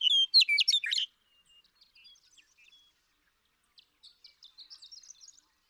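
Western meadowlark song opens with a loud one-second burst of bubbling whistles, followed by soft scattered chips and twitters.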